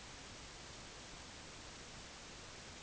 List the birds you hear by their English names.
none